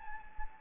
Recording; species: mosquito wingbeat signal from an infrared sensor; Anopheles gambiae